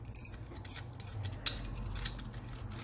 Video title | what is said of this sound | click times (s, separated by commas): Schlage Locks | and then we're gonna put the key back in turn that 90 degrees and you can feel it click in there | 1.5 s